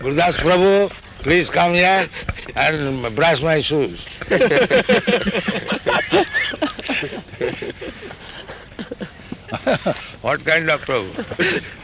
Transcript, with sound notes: ..."Gurudāsa Prabhu, please come here and brush my shoes." [laughter] What kind of prabhu?